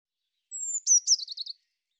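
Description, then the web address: Eurasian blue tit gives a fine, high descending whistle followed by sharp notes and a short scolding trill, nothing else audible. "cianscape birddata Deverinetal 2025 File cleaned normalized Bird Cy Ca"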